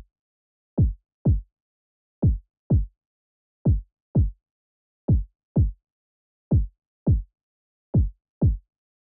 Heartbeat.